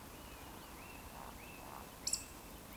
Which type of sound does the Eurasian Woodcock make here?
whistle, croak